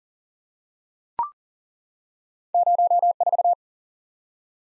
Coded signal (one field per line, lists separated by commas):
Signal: Morse code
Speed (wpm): 40 wpm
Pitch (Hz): 700 Hz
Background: none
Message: 04